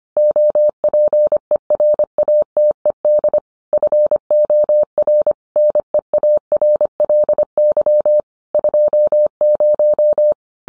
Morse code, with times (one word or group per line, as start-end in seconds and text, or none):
0.2-3.4 OPERATED
3.7-5.3 FOR
5.6-8.2 NEARLY
8.5-10.3 20